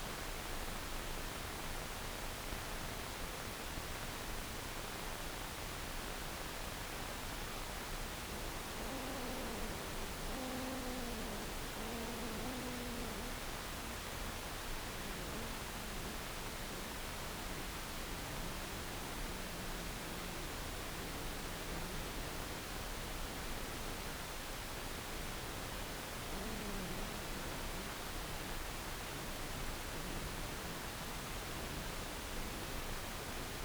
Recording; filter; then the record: brain microelectrode recording played as sound; wide band, above 20 Hz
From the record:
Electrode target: subthalamic nucleus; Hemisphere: left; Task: reaching with the right hand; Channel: 2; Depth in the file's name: 0.251 mm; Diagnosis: Parkinson's disease